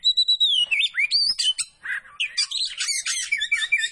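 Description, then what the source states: Oriental Magpie-robin song, a long clear whistle sliding down, then quick varied whistles, chirps and rasping notes poured out without pause. Kacer poci variety, singing vigorously (gacor).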